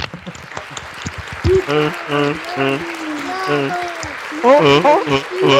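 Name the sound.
round of applause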